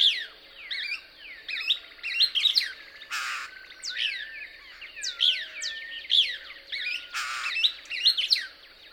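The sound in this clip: Couch's Kingbird calling in dense, busy sequences of sharp rising and falling chips, broken by two brief harsh rasps, over a thin steady whine.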